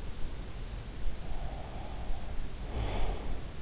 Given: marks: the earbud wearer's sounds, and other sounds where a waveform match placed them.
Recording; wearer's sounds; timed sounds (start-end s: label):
sounds in sleep by an in-ear microphone; breath
1.30-3.40 s: breath